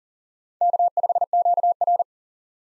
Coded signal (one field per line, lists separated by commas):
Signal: Morse code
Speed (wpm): 37 wpm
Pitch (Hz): 700 Hz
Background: none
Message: K5QR